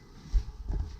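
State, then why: Not seated. An interior bathroom door is pushed closed to check its latch against the strike plate. A low, dull bump lands at about 0.35 s, followed by softer low knocks around 0.7 to 0.8 s. The latch does not catch, so nothing seats or clicks and the door stays unlatched.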